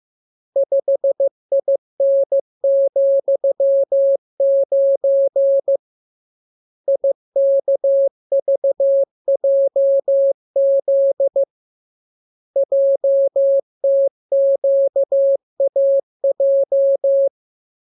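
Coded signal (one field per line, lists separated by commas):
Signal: Morse code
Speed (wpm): 15 wpm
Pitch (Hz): 550 Hz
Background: none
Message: 5IN,9 IKVJZ JTQAJ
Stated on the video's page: Morse lesson radiogram practicing letters, numbers and punctuation, opened with VVV and section sign, closed with AR.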